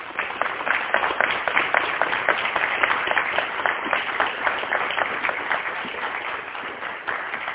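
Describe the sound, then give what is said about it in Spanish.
A crowd at the 12th International Ufology Congress in Capilla del Monte, Córdoba, Argentina, applauds steadily for several seconds to welcome a colonel as speaker, a dense, even wash of many hands clapping at once with no voices rising above it. “háganos el favor con un fuerte aplauso, por favor.”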